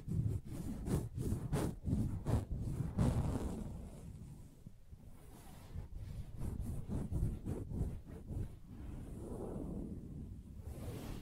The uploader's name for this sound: Soft Fabric Surface Tapping & Scratching